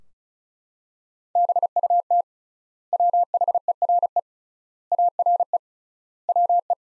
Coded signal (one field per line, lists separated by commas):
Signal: Morse code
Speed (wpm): 36 wpm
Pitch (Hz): 700 Hz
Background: none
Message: BUT WHERE ARE WE